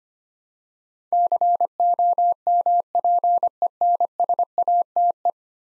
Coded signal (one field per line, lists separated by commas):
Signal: Morse code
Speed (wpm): 25 wpm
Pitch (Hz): 700 Hz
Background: none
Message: COMPENSATE